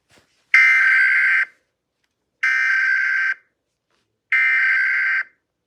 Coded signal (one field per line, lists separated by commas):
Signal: Emergency Alert System (SAME) tones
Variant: header bursts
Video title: Rating EAS alarms around North America